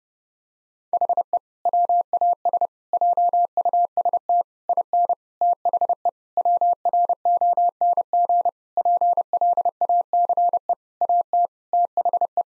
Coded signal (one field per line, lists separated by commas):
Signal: Morse code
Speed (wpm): 30 wpm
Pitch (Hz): 700 Hz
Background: none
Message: HE WAS JUST IN THE WRONG PLACE AT THE